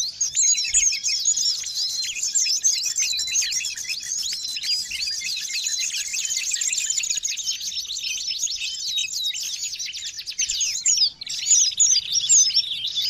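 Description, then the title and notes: Birds in a dense, noisy chorus of high twittering and chattering notes, unbroken throughout with only a brief dip near the end. Noisy birds, used as a lure to attract wild birds. "Master Burung Ribut Durasi Panjang. Burung Ribut Pikat"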